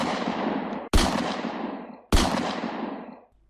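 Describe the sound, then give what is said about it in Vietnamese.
Three loud gunshots ring out at night by the sea, each a sharp crack followed by a long, fading roar, spaced roughly a second apart with no voices present. “Giữa đêm tiếp tục có 3 tiếng súng nổ ra như xé tan cái âm thanh của biển cả.”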